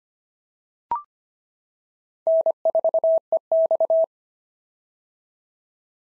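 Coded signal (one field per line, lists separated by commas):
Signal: Morse code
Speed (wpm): 25 wpm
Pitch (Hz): 650 Hz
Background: none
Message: N4EX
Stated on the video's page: POTA exchange practice sent at 25 wpm, each exchange sent in Morse, spoken, then sent again.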